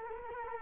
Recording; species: mosquito wingbeat signal from an infrared sensor; Culex quinquefasciatus